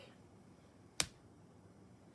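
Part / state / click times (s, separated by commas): plastic snap set into a fabric bag flap / seated / 1.0 s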